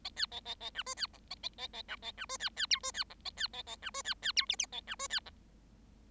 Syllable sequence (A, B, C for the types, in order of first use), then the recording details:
A B A A A C D B E A A A A C A C D B B F D B E A B A A C D B B F G G A C D B E. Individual Bird7